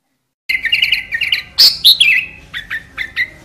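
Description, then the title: Sooty-headed bulbul song: a quick run of chirpy notes followed by a louder, slurred falling whistle and several short, bright chirps spaced apart. "Kutilang"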